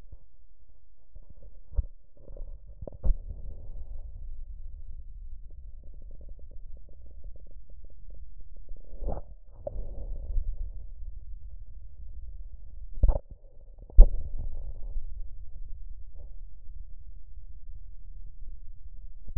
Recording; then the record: lung sounds by stethoscope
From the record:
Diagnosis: chronic bronchitis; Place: left posterior upper chest